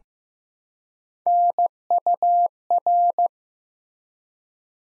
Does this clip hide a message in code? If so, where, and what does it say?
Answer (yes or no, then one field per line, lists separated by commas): yes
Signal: Morse code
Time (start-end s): 1.3-3.3 s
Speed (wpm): 15 wpm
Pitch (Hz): 700 Hz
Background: none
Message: NUR